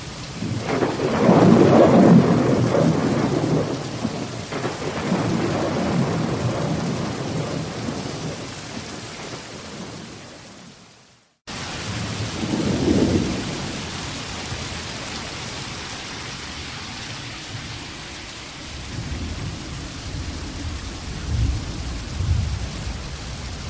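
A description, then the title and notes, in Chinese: Thunder and rain: a long, heavy roll of thunder rumbles through the first ten seconds over steady rainfall, then the sound cuts out briefly near eleven seconds. After the break, another low rumble swells around thirteen seconds and fainter thunder follows under continuous rain. 打雷下雨。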